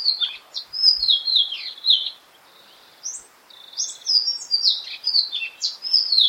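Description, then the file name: Indigo flycatcher singing sweet, high jumbled phrases of quick slurred notes, a short pause, then a longer tumbling phrase; soft background noise. "sikataninon omkicau"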